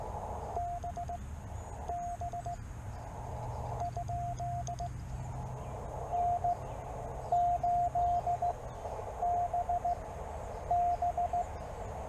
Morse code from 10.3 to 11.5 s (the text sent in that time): B